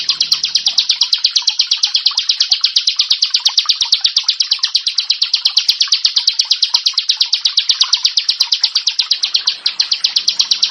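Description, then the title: Prinia singing rapid, evenly spaced high chips in one long burst, with a faint low sound at the very start. "Ciblek Sawah"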